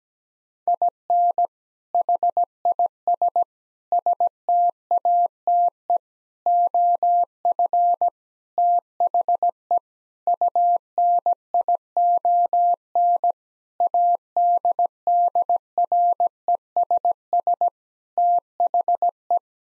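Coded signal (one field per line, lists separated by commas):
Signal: Morse code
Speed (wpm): 17 wpm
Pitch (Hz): 700 Hz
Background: none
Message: IN HIS STATE OF THE UNION ADDRESS THE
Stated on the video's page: Morse code practice at 17 wpm, sending sentences of common seven-word phrases, each sent twice.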